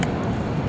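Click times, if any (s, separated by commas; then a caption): 0.0 s. A repeater controller cable plug is pushed into the accessory jack of a handheld radio, giving a short click at 0.0 s over steady low background noise. The plug has not gone fully in and still needs a little more pressing.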